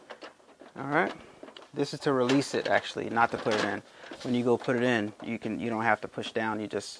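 A plastic bypass tray is handled for reinstalling onto a Sawgrass SG1000 sublimation printer, to be pushed on without holding down the release levers. Someone talks throughout the clip, with no distinct impacts. The tray has not clicked in or seated yet.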